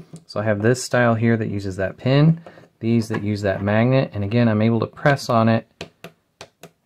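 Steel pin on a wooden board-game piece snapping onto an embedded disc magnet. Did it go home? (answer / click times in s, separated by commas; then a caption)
yes / 6.4 s. Someone talks while holding a laser-cut wooden board-game piece with a steel pin, then presses it firmly until the pin snaps over an embedded disc magnet. A few short ticks follow near the end, with the main sharp click at 6.4 s as the pin seats onto the magnet.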